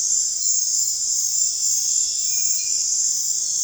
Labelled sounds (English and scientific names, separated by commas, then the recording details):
none
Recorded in dense forest near Puerto Asís, Putumayo, Colombia, on 23 June 2025 at 21:00
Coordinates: 0.468, -76.322
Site GP03